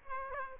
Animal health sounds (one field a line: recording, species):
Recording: mosquito wingbeat signal from an infrared sensor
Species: Aedes aegypti